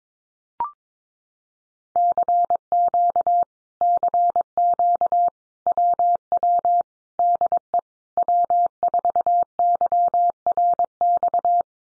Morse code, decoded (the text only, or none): CQ CQ WW DE W4YRX